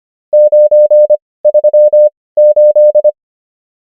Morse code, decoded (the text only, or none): 938